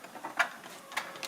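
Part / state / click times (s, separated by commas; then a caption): laptop RAM module into SO-DIMM slot / seated / 1.0 s, 1.2 s. A second SO-DIMM memory module is pressed down into a laptop's memory slot, with light tapping and scraping before two sharp clicks at 1.0 s and 1.2 s as the side retaining clips snap over it. The module is seated, and the laptop now has 4 GB of RAM.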